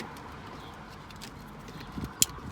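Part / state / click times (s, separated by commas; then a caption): wiring harness connector into radio harness / seated / 2.2 s. A wiring harness connector is plugged into the new radio's harness during a head unit install in a Lucerne. Over a low background hum, a few soft knocks come at about 2.0 s, then a sharp click at 2.2 s as the connector seats.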